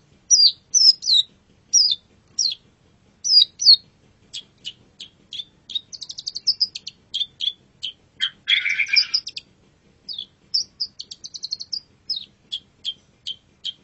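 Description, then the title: Long-tailed shrike song of quick clipped chirps and short whistled notes, broken by a harsh rasping burst midway, then more rapid repeated chips. Champion songbird. "Kicau Burung Cendet Juara"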